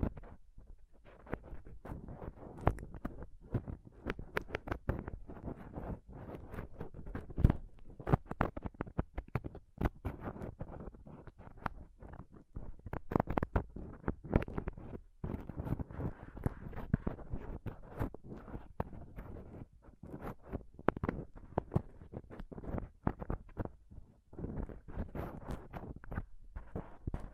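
Close-up scratching and touching on a microphone, a dense run of rough, crackling scrapes and thumps that never settles. The strokes come fast and irregular, mostly low and thick with brief bright edges, with a few short pauses around ten and twenty-four seconds.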